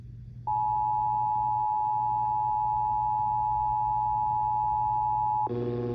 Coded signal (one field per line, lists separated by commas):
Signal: Emergency Alert System (SAME) tones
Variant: 853 and 960 Hz attention tone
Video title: IPAWSCAP RWTs & More (EAS #1001-#1014)